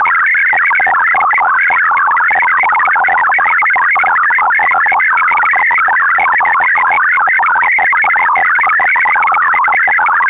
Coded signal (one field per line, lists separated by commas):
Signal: multi-tone FSK (Olivia or MFSK type)